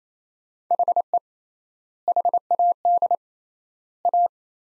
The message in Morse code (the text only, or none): HE HAD A